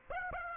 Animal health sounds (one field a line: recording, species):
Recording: mosquito wingbeat signal from an infrared sensor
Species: Aedes aegypti